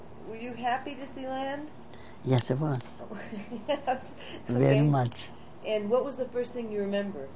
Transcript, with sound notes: were you happy to see land?
Yes, I was.
(she laughs) Okay.
Very much.
And what was the first thing you remember?